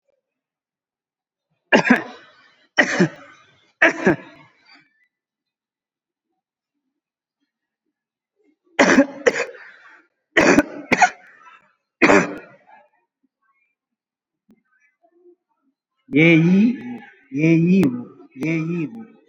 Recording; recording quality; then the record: shallow voluntary cough; moderate, slight background noise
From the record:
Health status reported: COVID-19 positive, mild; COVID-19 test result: positive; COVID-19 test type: RT-PCR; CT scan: not taken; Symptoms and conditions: cough, cold, breathing difficulty, fever, fatigue, loss of smell and taste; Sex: male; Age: 35 years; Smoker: no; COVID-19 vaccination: none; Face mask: worn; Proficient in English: yes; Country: India